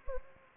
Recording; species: mosquito wingbeat signal from an infrared sensor; Anopheles gambiae